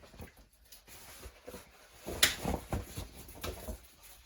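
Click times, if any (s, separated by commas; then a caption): 2.2 s. A cover panel for the front window area of a 2023 KZ Connect 272FK trailer interior, used at night to keep morning light from peering through, is pressed into its wall mount. Soft handling bumps lead to a sharp, loud snap at 2.2 s, followed by a few lighter thumps. The panel seats in place.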